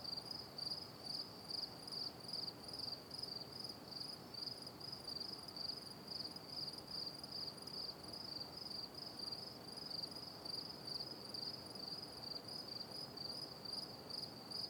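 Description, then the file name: Cricket giving a continuous high chirping, pulses about two or three per second, steady throughout. Calm night-time nature ambience. "Ambiance Nature Night Cricket Calm"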